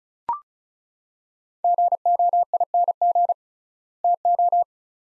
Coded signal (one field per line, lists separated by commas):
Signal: Morse code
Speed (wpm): 36 wpm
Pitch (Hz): 700 Hz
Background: none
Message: GOING TO